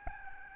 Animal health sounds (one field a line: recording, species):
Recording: mosquito wingbeat signal from an infrared sensor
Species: Aedes albopictus